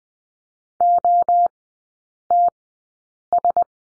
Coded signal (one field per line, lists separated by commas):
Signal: Morse code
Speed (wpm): 20 wpm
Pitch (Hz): 700 Hz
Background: none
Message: OTS